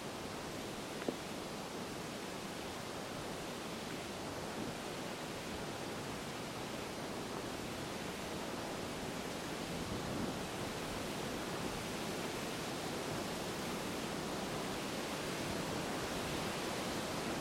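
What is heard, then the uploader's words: Leaves shake intensely in high wind, making a dense, steady rushing hiss that fills the whole range from low to bright with almost no letup. A faint click comes just after one second, and a slight swell around ten seconds. An early morning walk through Wolf's Prairie Park during high winds. The sounds of the leaves shaking intensely.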